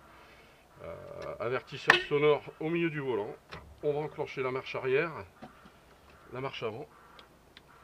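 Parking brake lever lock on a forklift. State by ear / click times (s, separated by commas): released / 7.6 s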